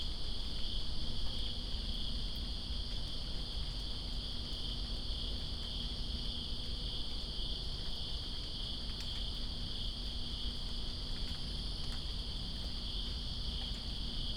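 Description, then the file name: Steady high cricket trilling runs the whole length, set against constant rainfall and occasional water drips. Crickets in rain, Greensboro, 2 September 2017. "Greensboro Crickets And Rain-2017-09-02"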